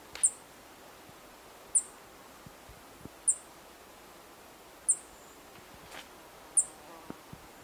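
Buff-tailed coronet singing five piercing, high-pitched short notes spaced roughly one and a half seconds apart, with soft faint ticks and steady low background noise.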